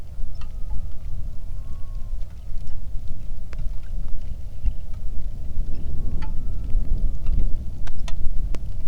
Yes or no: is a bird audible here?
yes